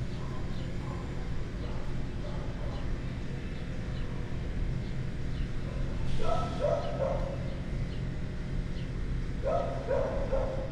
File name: Dog Barking Inside Building Busy Street Construction